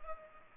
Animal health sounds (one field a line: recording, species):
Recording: mosquito wingbeat signal from an infrared sensor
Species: Culex pipiens